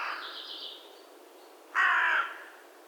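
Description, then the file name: Carrion crow giving one harsh, hoarse caw lasting about half a second, preceded by a fainter, drawn-out rasping call at the start. "Corvus corone"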